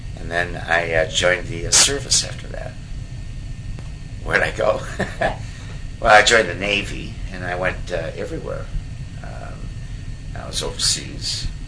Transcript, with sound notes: An’ then I, uh, joined the, uh, service after that. Where’d I go? [Chuckle] Well, I joined the Navy, and I went, uh, everywhere. Uh, I was overseas.